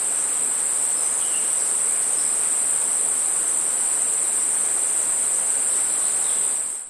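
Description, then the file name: Cricket: a steady high-pitched drone without pause over a constant hiss, ending in a quick fade. Rainforest ambience with a distant creek. "zapsplat nature rainforest crickets cicada birds distant creek"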